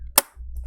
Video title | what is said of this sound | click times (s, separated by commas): Screen Flickering Macbook Pro A1708 LCD Replacement | you can hear that little click | 0.2 s